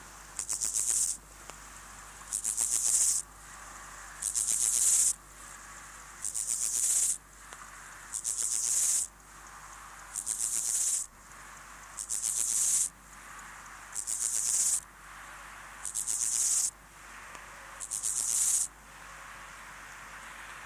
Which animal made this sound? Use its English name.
Steppe Grasshopper